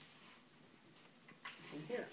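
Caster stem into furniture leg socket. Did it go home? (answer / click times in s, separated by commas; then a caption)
no / none. A caster stem is held and lined up with a furniture leg socket before being pushed home, giving only a faint handling knock near 1.5 s while someone talks. Nothing has seated or clicked yet.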